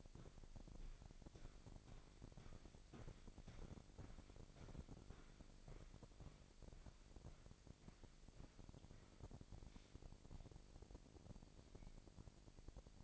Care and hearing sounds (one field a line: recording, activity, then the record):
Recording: daily activity, microphone in the room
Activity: walk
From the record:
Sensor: 5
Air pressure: 1001.8 hPa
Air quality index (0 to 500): 186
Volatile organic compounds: 13 ppm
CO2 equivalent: 2391 ppm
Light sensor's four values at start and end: 33/107/41/43 and 33/107/41/43